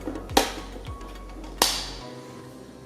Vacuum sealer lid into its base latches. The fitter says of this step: i'm gonna close this now you have to push each side down until you hear a click